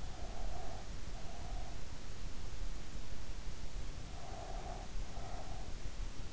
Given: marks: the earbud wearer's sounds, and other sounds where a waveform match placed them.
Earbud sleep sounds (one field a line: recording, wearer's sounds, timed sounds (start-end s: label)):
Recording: sounds in sleep by an in-ear microphone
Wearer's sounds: breath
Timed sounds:
0.13-1.78 s: breath
4.08-5.52 s: breath